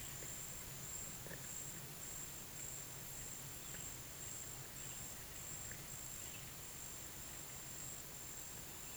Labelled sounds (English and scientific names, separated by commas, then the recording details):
none
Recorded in pastures near Puerto Asís, Putumayo, Colombia, on 29 June 2025 at 10:00
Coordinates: 0.486, -76.323
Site H29